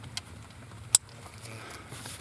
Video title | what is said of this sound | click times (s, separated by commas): 2019 Mercury ProXS 115, Sticking Ignition Key, Repair | she heard the click I know it's together the seal is in there and all is well | 1.0 s